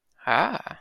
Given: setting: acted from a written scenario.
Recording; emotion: vocal sound without words; romantic love